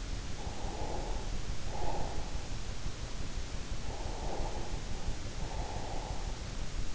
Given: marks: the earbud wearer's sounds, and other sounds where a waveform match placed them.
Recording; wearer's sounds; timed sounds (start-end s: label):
sounds in sleep by an in-ear microphone; breath
0.62-2.96 s: breath
3.48-6.47 s: breath